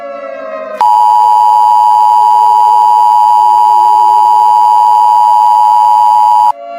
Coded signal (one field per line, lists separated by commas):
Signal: Emergency Alert System (SAME) tones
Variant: 853 and 960 Hz attention tone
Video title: Radioactive Holiday: A Christmas in July EAS Mock